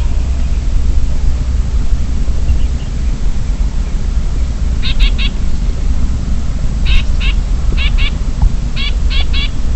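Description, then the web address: Chinese grassbird giving scratchy alarm notes: none at first, then clustered bursts in the second half, all over a constant low background roar. Subspecies sinicus alarm call, recorded in Shanli, Guangxi, China, on 5 February 2012. "Chinese Grassbird Alarm Call China Guangxi Shanli 120205. graminicole de chine graminicola striatus ssp sinicus"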